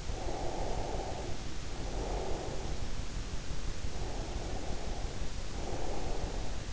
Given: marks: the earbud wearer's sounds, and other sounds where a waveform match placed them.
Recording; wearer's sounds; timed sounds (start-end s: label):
sounds in sleep by an in-ear microphone; breath
0.14-2.79 s: breath
3.89-6.73 s: breath